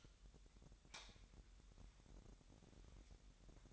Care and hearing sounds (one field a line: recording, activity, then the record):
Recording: daily activity, microphone in the room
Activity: light on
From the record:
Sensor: 3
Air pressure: 1011.9 hPa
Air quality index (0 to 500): 230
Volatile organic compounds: 5 ppm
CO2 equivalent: 1708 ppm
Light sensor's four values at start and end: 15/35/15/15 and 17/44/18/18